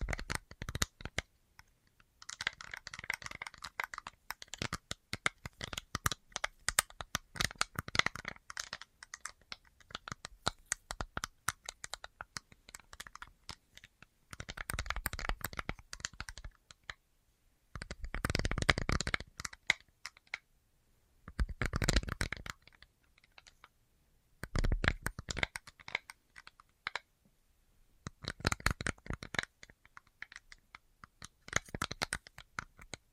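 Tapping sounds: rapid clusters of crisp, bright taps and clicks, much like typing on a keyboard. The taps arrive in dense bursts of a few seconds each, separated by short silences, with louder, fuller bursts near 15, 18 and 21 seconds.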